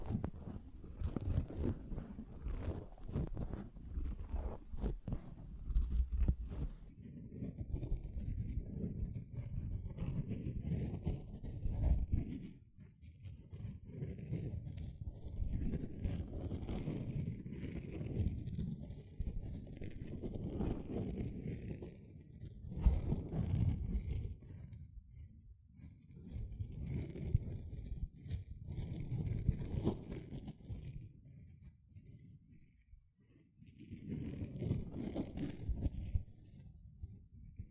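Sponge being rubbed and squished in repeated strokes, each a dense low rasping swell lasting a few seconds with short pauses between. The opening seconds carry sharper, brighter crackling scratches, then the sound settles into softer, muffled scrubbing that rises and falls steadily.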